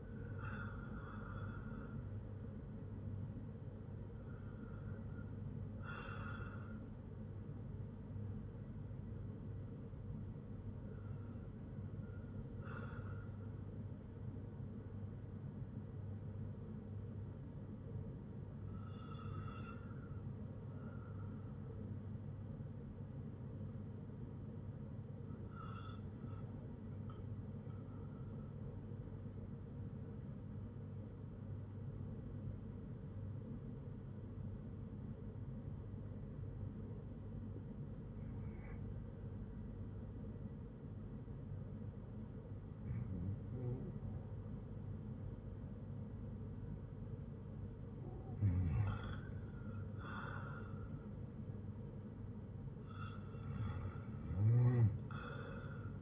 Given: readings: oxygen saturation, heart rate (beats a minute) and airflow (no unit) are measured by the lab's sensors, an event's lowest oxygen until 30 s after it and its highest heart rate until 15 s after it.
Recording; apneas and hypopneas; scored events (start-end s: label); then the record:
breathing in sleep by a smartphone at the bedside; 1
18.00-47.40 s: hypopnea (REM, oxygen 98% highest, then 92% lowest, heart rate 60 at the start, 69 highest)
From the record:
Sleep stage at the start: REM sleep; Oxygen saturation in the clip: 90 to 98%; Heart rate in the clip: 56 to 69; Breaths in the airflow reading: 11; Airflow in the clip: -6.4 to 5.3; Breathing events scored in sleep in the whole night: 182 in 7.4 hours asleep